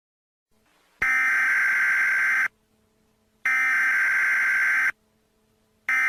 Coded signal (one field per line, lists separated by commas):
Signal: Emergency Alert System (SAME) tones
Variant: header bursts